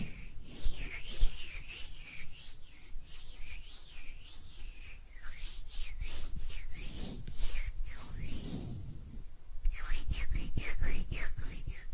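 Hands rub and brush against each other in quick, repeated strokes, each a soft hissing swish that rises and falls. The strokes come steadily, a few per second, with a denser stretch around eight to nine seconds and a brief pause near the end.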